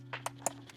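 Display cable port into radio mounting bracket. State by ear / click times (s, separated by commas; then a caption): seated / 0.5 s. During a Stinger HEIGH10+ radio upgrade on a Toyota Tacoma, the USB-C display cable port is pushed up into a silver opening in the radio's center mounting bracket, slid in until it clicks. Over a steady low hum, short sharp knocks sound at 0.3 s and 0.7 s, with the loudest click at 0.5 s as the port seats in the bracket.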